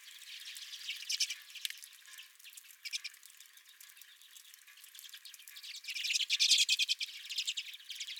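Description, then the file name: Redpolls twittering, scattered chips early on, then a loud burst of rapid buzzy trills after six seconds. Several redpolls at the recordist's own feeder. "Redpolls at My Feeder"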